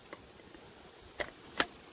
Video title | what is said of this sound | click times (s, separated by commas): How to remove, repair, and replace sticking jeep disconnecting sway bar. | there it goes so that just clicked into place | 1.6 s